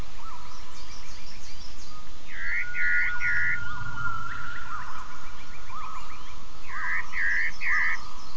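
Gibbon calls: clear, swooping whistled notes rising and falling, mostly in short bursts of three with pauses between, over steady low noise.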